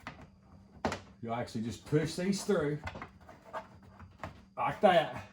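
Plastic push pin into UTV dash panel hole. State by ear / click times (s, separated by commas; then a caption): not seated / none. A heavy-duty plastic push pin, stiffer and sturdier than the factory pins because the panel carries weight, is pushed through a newly drilled hole to secure an under-dash storage panel on a Honda Pioneer 1000 UTV dash. Someone talks throughout, with a few short taps of handling around 0.9 s and 4.2 s. Nothing has seated or clicked yet; the pin is handled but not yet home.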